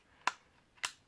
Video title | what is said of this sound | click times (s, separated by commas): Spyderco PM2, Ka-Bar BK-9, TOPS B.O.B., TOPS MSK Custom Kydex Sheaths | and you can click them down they're they're a little bit hard to | 0.3 s, 0.9 s